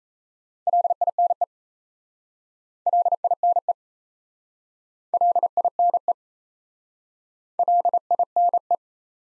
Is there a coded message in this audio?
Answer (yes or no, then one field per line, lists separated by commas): yes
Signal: Morse code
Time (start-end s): 0.7-8.8 s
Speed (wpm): 37 wpm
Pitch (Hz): 700 Hz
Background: none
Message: LINE LINE LINE LINE